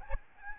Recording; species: mosquito wingbeat signal from an infrared sensor; Aedes albopictus